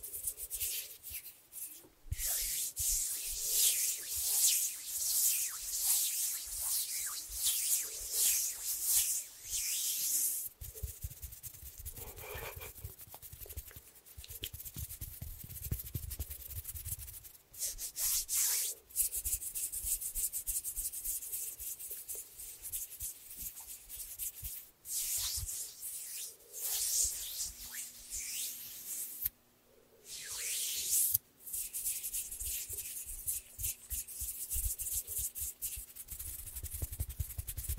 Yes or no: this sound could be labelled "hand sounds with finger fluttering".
yes